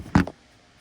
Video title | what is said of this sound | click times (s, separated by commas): 🔧 Xerox D95 Tray 2 Feed Head Replacement - Complete Repair Tutorial | they'll click in like so. | 0.1 s